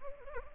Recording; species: mosquito wingbeat signal from an infrared sensor; Anopheles arabiensis